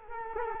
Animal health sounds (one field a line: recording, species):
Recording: mosquito wingbeat signal from an infrared sensor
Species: Culex quinquefasciatus